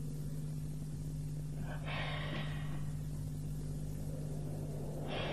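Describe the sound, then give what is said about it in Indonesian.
A guest from a village snoring while asleep in a room: a steady low rumbling drone broken by two raspy, breathy snorts, one early and one at the very end, with no talking. “Kok saya dengar orang ngorok itu apa?”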